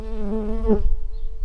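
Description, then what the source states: Early bumblebee buzzing: a steady droning hum with rich overtones, somewhat louder midway, over rumbling low background noise. Workers.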